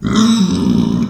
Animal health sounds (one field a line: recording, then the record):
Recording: squeal of a Yucatan mini pig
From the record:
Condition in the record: after surgery on the right vocal fold (resection and tissue-engineered implant)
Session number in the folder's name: 13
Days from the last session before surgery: 113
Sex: female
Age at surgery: 19 weeks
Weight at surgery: 25 kg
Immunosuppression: prednisolone